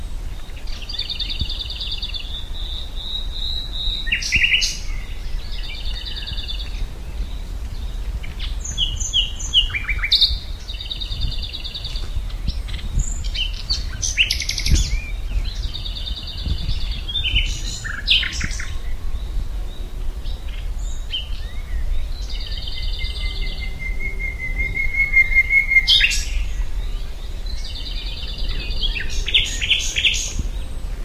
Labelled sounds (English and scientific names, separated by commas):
Common Nightingale (Luscinia megarhynchos) song